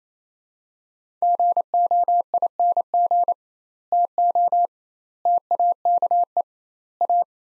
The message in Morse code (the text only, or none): GOING TO TAKE A